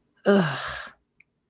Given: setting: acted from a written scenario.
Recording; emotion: vocal sound without words; contempt